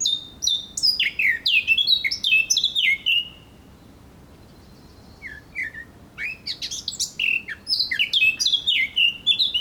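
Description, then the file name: Eurasian blackcap song: a fast burst of warbled, descending notes, a pause of about two seconds, then another rich, varied warble. "Sylvia atricapilla"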